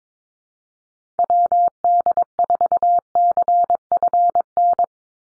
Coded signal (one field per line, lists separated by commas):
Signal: Morse code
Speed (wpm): 22 wpm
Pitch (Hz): 700 Hz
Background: none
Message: WD4CFN